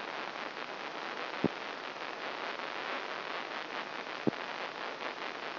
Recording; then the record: brain microelectrode recording played as sound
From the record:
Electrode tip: inside the subthalamic nucleus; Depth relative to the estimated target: -1 mm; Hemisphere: right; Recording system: AlphaMap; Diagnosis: Parkinson's disease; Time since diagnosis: 24 years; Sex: female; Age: 57 years